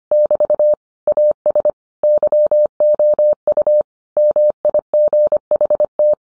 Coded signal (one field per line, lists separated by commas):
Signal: Morse code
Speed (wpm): 25 wpm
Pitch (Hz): 600 Hz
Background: none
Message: <BT> AS YOU MIGHT